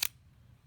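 A metal emergency key blade is pushed back into its slot in the plastic keyless remote fob of a Jeep Grand Cherokee / Wagoneer after a battery change. A single sharp, bright click sounds at 0.0 s, followed by a quiet low hum. The blade is seated and locked in the fob.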